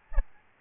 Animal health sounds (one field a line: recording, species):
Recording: mosquito wingbeat signal from an infrared sensor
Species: Aedes albopictus